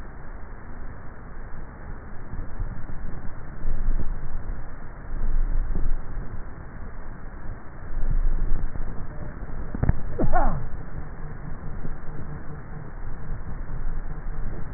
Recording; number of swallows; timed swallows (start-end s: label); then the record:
swallowing sounds by neck microphone; 5
2.48-3.25 s: swallow
4.12-4.65 s: swallow
5.82-6.32 s: swallow
8.55-9.08 s: swallow
11.82-12.42 s: swallow
From the record:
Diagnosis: dysphagia